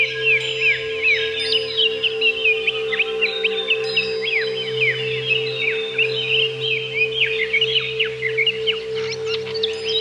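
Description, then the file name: Greater green leafbird song of rapid, sweeping whistled notes and chattering phrases, dense and continuous, with a constant humming tone underneath. "cucak ijo"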